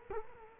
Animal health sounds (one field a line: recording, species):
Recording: mosquito wingbeat signal from an infrared sensor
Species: Culex quinquefasciatus